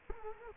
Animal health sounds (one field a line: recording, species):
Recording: mosquito wingbeat signal from an infrared sensor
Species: Culex quinquefasciatus